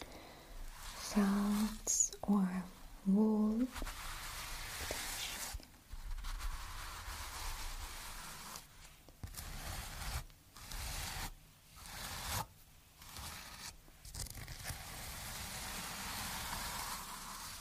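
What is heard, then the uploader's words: Tingly textures fill the recording: a voice hums or murmurs a few short tones in the first four seconds, then gives way to a dense, crackling rustle like tearing or squishing material. The rustling runs steadily with brief pauses roughly every second or two. Surprisingly tingly textures.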